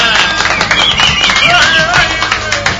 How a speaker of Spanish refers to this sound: ¡Un aplauso!